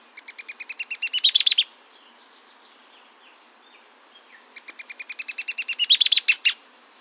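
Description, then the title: Mouse-colored tyrannulet delivering two bouts of rapid chattering notes, each building in volume to a loud climax, separated by a few seconds of quiet with a steady high background tone. Subspecies wagae. "LuckyPassaro Completos2Sama. Mouse-colored Tyrannulet (Phaeomyias murina wagae)"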